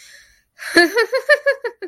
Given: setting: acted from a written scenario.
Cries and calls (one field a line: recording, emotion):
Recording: vocal sound without words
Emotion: amusement